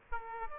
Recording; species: mosquito wingbeat signal from an infrared sensor; Aedes aegypti